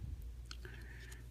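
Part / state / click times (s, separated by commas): leg part into the toy's leg / seated / 0.5 s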